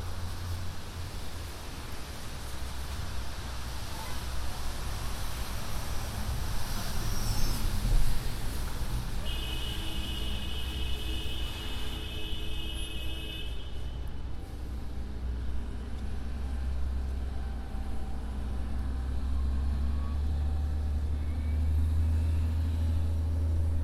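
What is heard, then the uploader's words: Broadway traffic hums steadily with a deep low rumble, a brief tonal whine midway, and scattered bright clicks and passing vehicle swells. A binaural field recording, walking up Broadway to the store and back.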